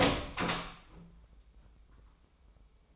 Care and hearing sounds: daily activity, microphone in the room; open door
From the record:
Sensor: 1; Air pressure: 996.2 hPa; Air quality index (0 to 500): 40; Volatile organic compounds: 1 ppm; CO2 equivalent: 792 ppm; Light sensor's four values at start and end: 14/33/14/16 and 14/33/14/16

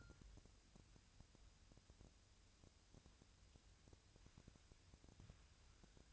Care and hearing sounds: daily activity, microphone in the room; wipe stove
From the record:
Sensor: 2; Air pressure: 1001.5 hPa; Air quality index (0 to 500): 225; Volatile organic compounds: 25 ppm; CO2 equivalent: 2828 ppm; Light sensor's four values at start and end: 7/26/10/9 and 7/26/10/9

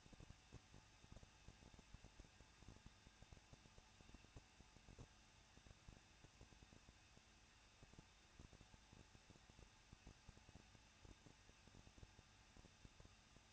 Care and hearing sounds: daily activity, microphone in the room; no activity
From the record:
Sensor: 2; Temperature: 21.0 degrees Celsius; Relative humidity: 37.3%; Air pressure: 1006.2 hPa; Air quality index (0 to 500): 221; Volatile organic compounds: 24 ppm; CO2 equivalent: 2802 ppm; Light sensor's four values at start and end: 2/3/2/2 and 2/3/2/2

